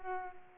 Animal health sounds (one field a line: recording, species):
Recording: mosquito wingbeat signal from an infrared sensor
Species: Culex pipiens